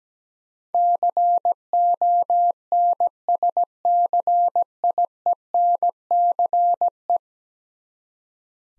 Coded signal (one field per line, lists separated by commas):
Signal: Morse code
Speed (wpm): 17 wpm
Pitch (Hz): 700 Hz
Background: none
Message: CONSCIENCE